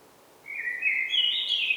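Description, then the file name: Common blackbird with a short mellow phrase that climbs into a higher, scratchy flourish. "Turdus merula"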